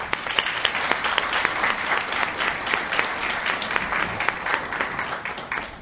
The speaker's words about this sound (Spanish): a quien le pedimos que pase al frente y para que nos dé un aplauso.